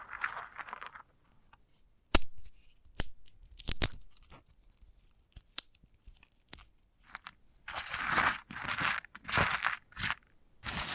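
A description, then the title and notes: Sunflower head being handled and picked at, with sharp dry snaps and crackles at about 2, 3 and 4 seconds. Between them come softer rustles and scratchy tearing, building into denser bursts of crunching from about 8 seconds to the end, with short quiet gaps. ASMR of a Sunflower Head (No Talking).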